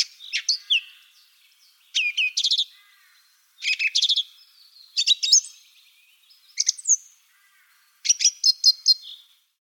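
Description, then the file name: Song thrush song: six short, loud phrases, each a quick burst of repeated high notes, separated by pauses of about a second; no other sounds. "Drozd pevchij Turdus philomelos - Penie"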